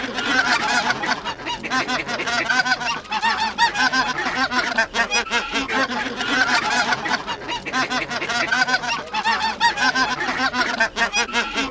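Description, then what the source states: Greater white-fronted goose flock calling: dense, continuous overlapping honks and yelps from many birds, steady throughout with no pauses. Flock chatter of many birds; recording made for an electronic hunting caller.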